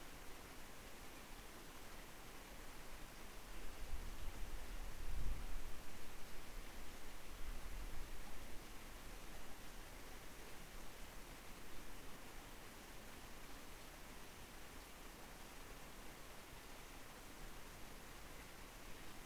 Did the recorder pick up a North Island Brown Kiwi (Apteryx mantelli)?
no